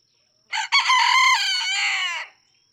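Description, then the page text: Red junglefowl (chicken): red junglefowl rooster gives a single full crow, a short opening note followed by a long, rich, harmonic sustained phrase lasting about one and a half seconds. Several roosters in a barnyard, each with a distinct crow; Kentucky, USA, just outside a national park, June 2, 2010; illustrates that each individual has its own song. "Birdsong for the Curious Naturalist. Red junglefowl (chicken). No two roosters crow alike in this Kentucky barnyard. June 2, 2010. Just outside Mammoth Cave National Park, Kentucky"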